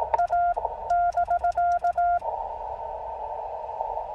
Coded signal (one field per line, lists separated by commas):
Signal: Morse code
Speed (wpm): 18 wpm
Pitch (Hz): 1400 Hz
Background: none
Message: A <BK>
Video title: A quick CW Jeep POTA Activation on 17m - US-7882 Doerun Pitcherplant Bog WMA